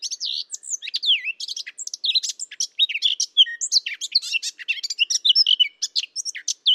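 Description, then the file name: Eurasian blackcap pouring out a continuous, hurried warble of slurred whistles and chattering notes, high and varied throughout, with no other sounds. "Sylvia atricapilla"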